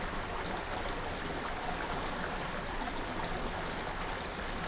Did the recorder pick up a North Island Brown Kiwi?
no